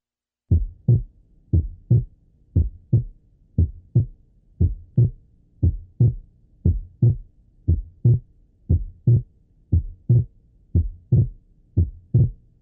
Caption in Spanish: El segundo ruido es más intenso que el primer ruido y de tonalidad más alta. Normalmente el segundo ruido cardíaco es único o muy ligeramente desdoblado durante la expiración y muestra un desdoblamiento en la inspiración. El desdoblamiento inspiratorio del segundo ruido tal como ocurriría con la respiración lenta. El aumento resultante en el llenado ventricular derecho produce una prolongación de la sístole del ventrículo derecho, de manera que el segundo ruido pulmonar se encuentra retardado.